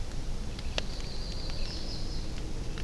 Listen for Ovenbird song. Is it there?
no